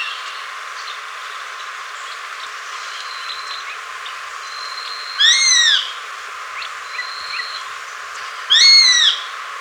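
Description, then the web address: White-throated hawk calls: two loud, high, arched whistles with a harmonic, about three seconds apart, over a faint steady background hiss and some thin chirps. Recorded in Ecuador. "Birds of Ecuador. White-Throated Hawk"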